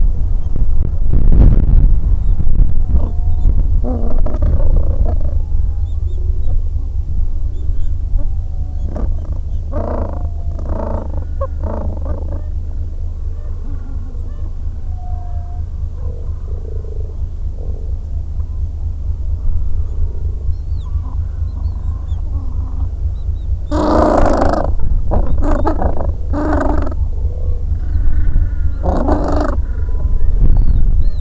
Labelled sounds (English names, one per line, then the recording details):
Gentoo Penguin
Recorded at the colony at Godthul, on 25 December 2014
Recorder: Song Meter SM2+